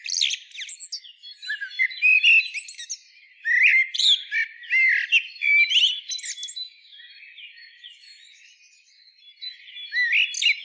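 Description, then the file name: Common blackbird song: dense bursts of fluty notes mixed with high scratchy twitters, a quieter stretch in the middle, then renewed twittering at the end. "Turdus merula"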